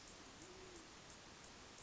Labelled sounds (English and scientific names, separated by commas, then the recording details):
Band-tailed Pigeon (Patagioenas fasciata)
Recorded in Sonoma County, California